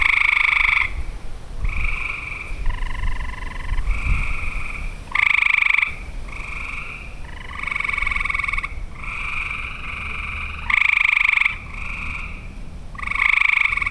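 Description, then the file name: Frog chorus of buzzy pulsed trills, one call following another almost without pause, with some louder trills standing out from the rest. Recorded in Olivet, Michigan, on 6 June 2008. "olivet mi-frogs-20080606"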